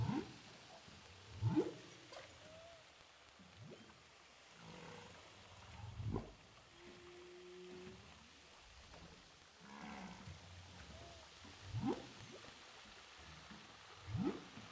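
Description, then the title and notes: Humpback whale song: repeated low upswept whoops, a flat sustained tone near the middle and short curved chirps between them. Humpback whales recorded underwater with a DPA hydrophone off Saint-Paul, Réunion. "Baleines à bosse enregistrées à l'hydrophone DPA au large de saint Paul de la réunion"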